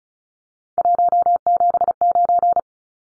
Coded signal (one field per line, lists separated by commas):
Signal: Morse code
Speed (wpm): 34 wpm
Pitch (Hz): 700 Hz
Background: none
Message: 179